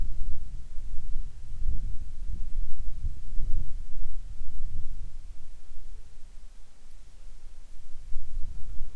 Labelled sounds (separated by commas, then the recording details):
wind, insects
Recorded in the Arctic National Wildlife Refuge, Alaska, on 7 July 2019 at 18:33
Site 41